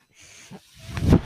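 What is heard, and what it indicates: Soft airy hiss building to a louder rushing whoosh: a home mechanical ventilator delivering a breath.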